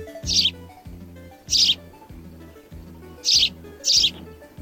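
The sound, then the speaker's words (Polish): A house sparrow gives four short, bright, high-pitched chirps at uneven intervals, over a steady low rhythmic throbbing in the background. “Wróbel tak ćwierka i to jest pierwszy punkt dla pana Mateusza.”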